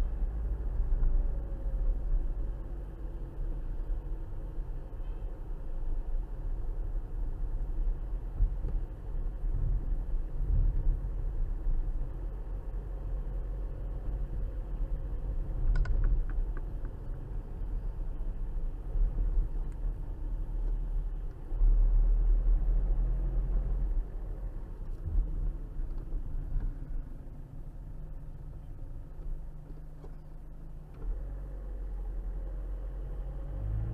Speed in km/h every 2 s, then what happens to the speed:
35, 32, 32, 32, 31, 32, 32, 32, 31, 29, 26, 31, 31, 18, 0, 0, 11.
0-24 steady at about 32. 24-28 brakes to 0. 28-31 standing. 31-34 pulls away to 11.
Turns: none.